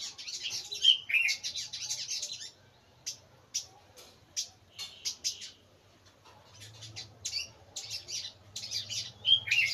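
Bird chirping: bursts of high rapid chips separated by short pauses, with sharp squeaky notes near the start and end, and a faint low hum.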